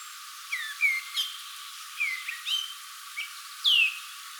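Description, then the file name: Eurasian blackcap singing a sparse series of slurred whistled notes, some falling, a few together, ending on one loud clear downslurred whistle. "Sylvia atricapilla"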